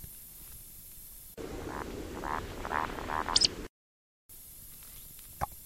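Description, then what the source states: Eurasian woodcock: a run of croaking grunts, then a sharp, high squeak, over steady hiss with a brief dropout. Played-back recording; a creaking, almost frog-like call, described as a blend of a creak and a droning sound.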